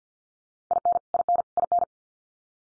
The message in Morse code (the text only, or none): IN IN IN